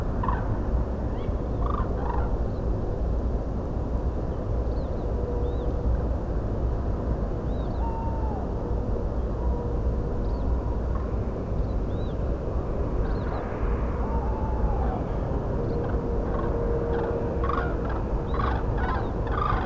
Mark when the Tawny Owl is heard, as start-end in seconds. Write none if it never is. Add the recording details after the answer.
1.12-1.28, 7.79-8.47, 14.01-15.04. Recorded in France